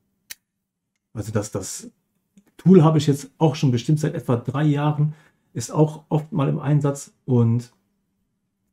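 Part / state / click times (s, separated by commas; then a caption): folding tool in a pocket knife handle / seated / 0.3 s. A folding tool in a Victorinox pocket knife handle is opened and snaps into place with a single crisp lock click at 0.3 s. Afterward someone talks.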